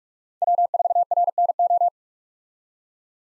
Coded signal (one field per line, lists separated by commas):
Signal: Morse code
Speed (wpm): 46 wpm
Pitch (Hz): 700 Hz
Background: none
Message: W4RNO